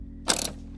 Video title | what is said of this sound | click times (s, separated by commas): [산모교실-Full] 유모차, 카시트 사용법 직접 알아보기/64회차 | 딸깍 끼면 초록색으로 지금 바뀌었죠 | 0.3 s, 0.5 s